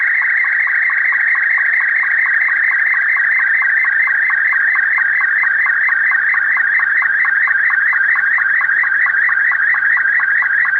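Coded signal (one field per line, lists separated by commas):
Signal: SSTV (slow-scan television)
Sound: continuous warbling tone with a regular quick chirp several times per second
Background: low hum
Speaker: what we're going to do now is begin a transmit an SS TV picture from the JC across the bench here and we'll see if we can receive your on the iPad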